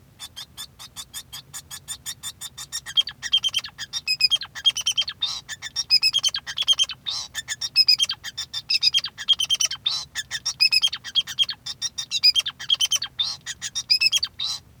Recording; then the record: song of a male Bengalese finch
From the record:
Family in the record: son of father 2